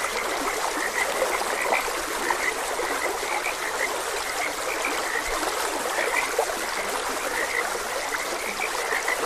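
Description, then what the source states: Frogs give repeated short croaks, mixed into the steady sound of a flowing stream. Frogs croaking beside a gentle stream.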